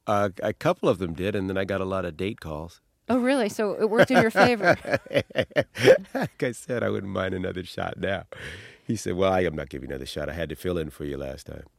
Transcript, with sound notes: A couple of them did. And then I got a lot of date calls.
Oh, really? So it worked in your favor.
(Laughter) Like I said, I wouldn't mind another shot now. He said, well, I am not giving you another shot. I had to fill in for you last time.